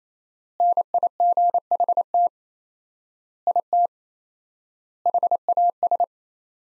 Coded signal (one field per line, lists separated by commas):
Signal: Morse code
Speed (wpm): 28 wpm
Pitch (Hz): 700 Hz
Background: none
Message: NIGHT IT HAS